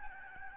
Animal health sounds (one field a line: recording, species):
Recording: mosquito wingbeat signal from an infrared sensor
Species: Aedes albopictus